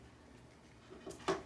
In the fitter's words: everything does work so now that I know it works I'm going to go ahead and unsnap it again